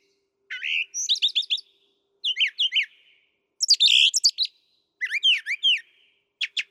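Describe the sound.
Brown thrasher song of four or five distinct bursts, each a rapid cluster of sharp, chirping notes, with brief silences between them.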